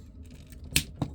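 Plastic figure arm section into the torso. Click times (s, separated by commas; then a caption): 0.8 s. During transformation of a Transformers Legacy Evolutions Leader Toxitron plastic action figure, the arm section on the second side is rotated around and snapped into the torso. Faint handling ticks lead into a loud, sharp click at 0.8 s, followed by a softer click at 1.0 s. The arm piece is seated in place.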